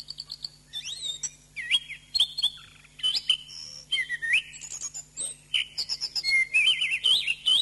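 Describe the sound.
Thrush delivering a varied sequence of looping whistles, some rising and some dropping, interspersed with rapid chattering notes, above a light background hum.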